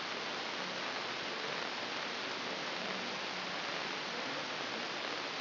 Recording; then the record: brain microelectrode recording played as sound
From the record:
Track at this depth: inside the subthalamic nucleus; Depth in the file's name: 4.916 mm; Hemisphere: left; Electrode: 2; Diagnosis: Parkinson's disease